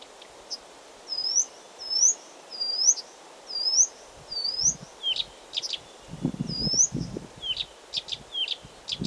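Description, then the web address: Blyth's reed warbler singing a run of five repeated upslurred whistles, then sharp downslurred notes and clicks. Recorded 16 June 2022. "fagelljud 20220616 busksangare"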